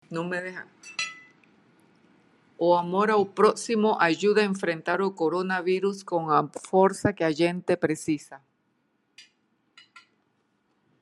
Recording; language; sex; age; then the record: spoken sentence; Brazilian Portuguese; female; 50 to 59 years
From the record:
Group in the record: control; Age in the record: 59 years